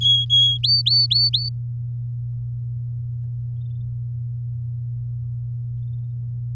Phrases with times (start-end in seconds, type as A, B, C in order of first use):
0.01-0.58 A, 0.63-1.49 B